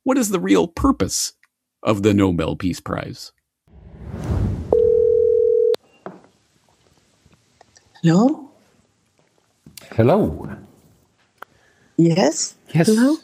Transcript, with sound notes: what is the real purpose of the Nobel Peace Prize?
[phone ringing] Hello?
Hello.
Yes? Hello?